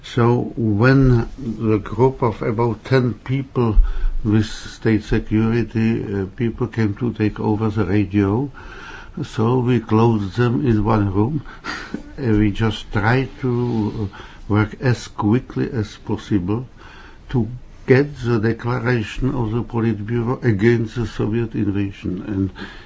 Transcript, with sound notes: So when a group of about ten people – State Security people – came to take over the radio, we shut them in one room [laughs] and we just tried to work as quickly as possible to get hold of the declaration of the politburo against the Soviet invasion.